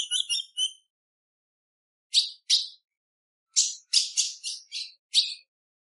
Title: PIADO DE AZULÃ O FÊ MEA Esquenta Qualquer Azulão!. Fêmea Azulão pedindo gala macheando